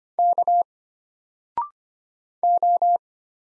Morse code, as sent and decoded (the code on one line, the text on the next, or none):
-.- / ---
K O